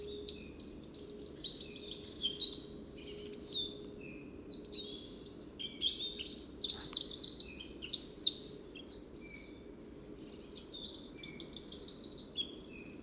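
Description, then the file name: Eurasian wren singing three fast, loud bursts of shrill warbling trills, each several seconds long with brief gaps, against a faint low background hum. "Troglodytes troglodytes"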